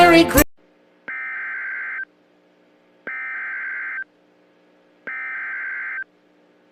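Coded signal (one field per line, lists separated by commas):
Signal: Emergency Alert System (SAME) tones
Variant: header bursts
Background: speech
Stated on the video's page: Fictional EAS scenario.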